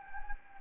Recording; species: mosquito wingbeat signal from an infrared sensor; Anopheles gambiae